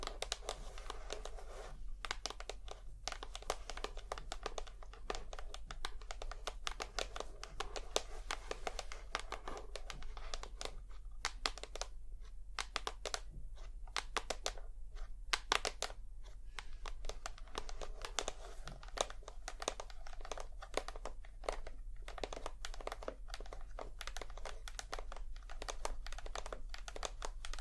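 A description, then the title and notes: ASMR tapping: quick, crisp taps and clicks run almost without pause for the whole half minute, with occasional brief gaps and a few crinkly touches. A steady low hum sits underneath throughout, and the overall loudness stays even. ASMR Tapping. Long Nails, No Talking.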